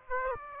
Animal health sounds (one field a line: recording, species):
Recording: mosquito wingbeat signal from an infrared sensor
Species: Aedes aegypti